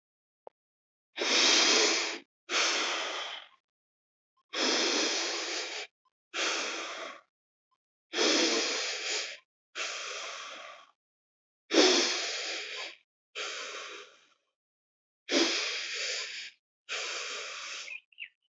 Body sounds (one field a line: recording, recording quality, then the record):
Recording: deep breathing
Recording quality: excellent, no background noise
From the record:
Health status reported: healthy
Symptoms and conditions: hypertension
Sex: male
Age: 52 years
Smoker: not ticked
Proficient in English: yes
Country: India